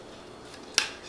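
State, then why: Seated. A plastic wedge is pushed into a self-leveling tile clip under a subway tile. It clicks into place at 0.8 s with a sharp, bright snap that fades over a short tail. The wedge is seated, lifting the back side of the tile so the tile sits even.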